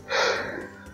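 One heavy, breathy gasp of air: laboured panting by a biologist on the summit of the volcano Llullaillaco, about 6700 m up in the Atacama Desert, where the air is so thin it holds less than half the oxygen found at sea level.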